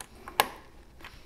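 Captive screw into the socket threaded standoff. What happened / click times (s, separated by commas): The screw thread caught with a snap / 0.4 s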